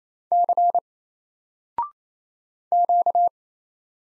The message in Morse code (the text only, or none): C Q